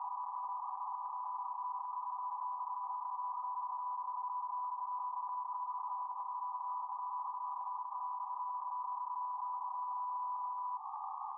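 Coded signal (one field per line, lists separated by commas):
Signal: PSK31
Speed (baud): 31.25 baud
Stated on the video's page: BPSK31 ragchew contacts made with an FTDX10 transceiver.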